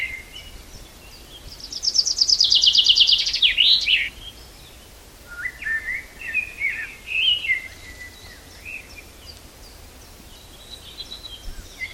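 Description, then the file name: Common chaffinch gives a single descending trilled song ending in a flourish, followed by several quieter warbled phrases. "Fringilla coelebs"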